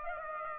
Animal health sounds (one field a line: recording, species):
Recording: mosquito wingbeat signal from an infrared sensor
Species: Aedes aegypti